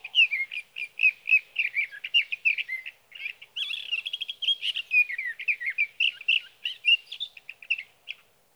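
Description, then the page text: Sage thrasher song, a long stream of fast warbled notes, slurred up and down and run together, with one brief pause. Male singing at night near his night roost in Sierra Valley, California, evening June 12 to morning June 15, 2018; recorded with a Swift recorder. "61. Sage thrasher songs, through the night."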